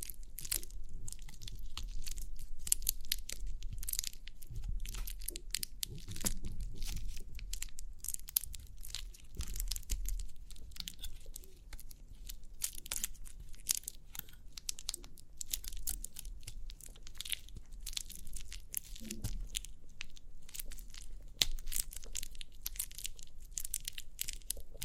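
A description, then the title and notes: Crinkly pimple popping: a constant run of sharp, bright crackles and crinkles, tightly packed and irregular, for the full length. Beneath them sits a low rumble, with a few softer low bumps and squishes around six and nineteen seconds. Crinkly Pimple Popping.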